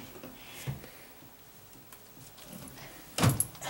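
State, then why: Stripped. A drain removal tool is turned with channel locks to unscrew an old metal bathtub drain. After a few faint knocks, a loud scraping burst ends in a sharp metallic knock at 3.4 s as the tool slips in the drain's crossbar, which has stripped out.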